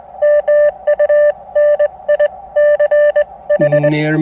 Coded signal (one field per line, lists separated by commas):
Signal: Morse code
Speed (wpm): 21 wpm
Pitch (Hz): 590 Hz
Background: radio noise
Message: MUNICH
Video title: New Spiderbeam 10m Mini Mast exceeded my expectations!